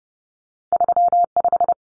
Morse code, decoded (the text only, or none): 35